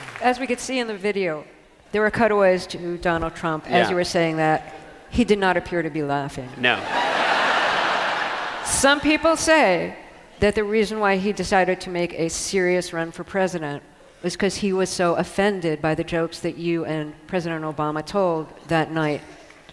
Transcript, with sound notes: As we could see in the video, there were cutaways to Donald Trump...
Yeah.
...As you were saying that. He did not appear to be laughing.
No.
(LAUGHTER)
Some people say that the reason why he decided to make a serious run for president was 'cause he was so offended by the jokes that you and President Obama told that night.